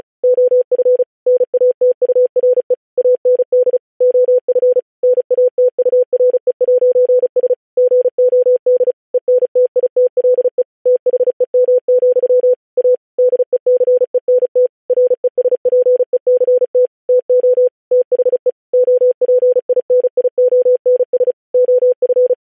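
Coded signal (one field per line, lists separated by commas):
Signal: Morse code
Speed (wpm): 36 wpm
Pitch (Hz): 500 Hz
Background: none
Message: OF NATURE AND OF NATURE'S GOD ENTITLE THEM, A DECENT RESPECT TO THE OPINIONS OF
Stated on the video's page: Software-generated Morse at 35 WPM with standard spacing.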